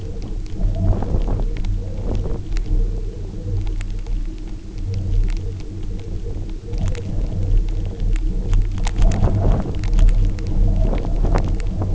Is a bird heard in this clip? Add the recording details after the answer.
no. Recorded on Arctic tundra, site UTQI-0, on 27 June 2018. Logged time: 04:00